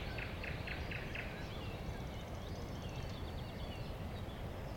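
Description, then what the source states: Thrush nightingale song opening with five evenly spaced, thick chock notes, then faint higher twittering, over a continuous low rumbling background. Recorded at a woodland edge next to a lake, in 2001.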